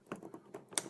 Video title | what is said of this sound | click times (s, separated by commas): The Storm 80X Dehumidifier Review: The Smart Way To Prep for Water Damage Before it's Too Late! | I don't know if you heard that click. | 0.8 s